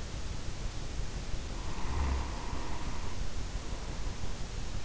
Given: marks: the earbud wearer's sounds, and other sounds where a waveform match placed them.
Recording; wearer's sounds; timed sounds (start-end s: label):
sounds in sleep by an in-ear microphone; snoring breath
1.47-4.35 s: snoring breath